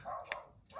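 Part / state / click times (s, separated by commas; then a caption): fixed-blade knife into its sheath / not seated / none. A Cold Steel Drop Forged Hunter fixed-blade hunting knife is pushed into its sheath while a dog barks at the start and end, with a brief sharp tap at 0.3 s. The knife does not lock in: nothing has clicked or seated, and it just sits loose in the sheath with no retention.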